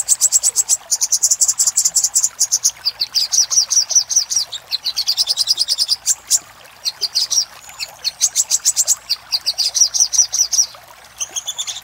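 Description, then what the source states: Little spiderhunter song, a long run of quick, shrill, repeated notes in dense trills, changing pitch between phrases and broken by short gaps. Used for training cage birds.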